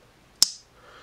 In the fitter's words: so it snap shut real good so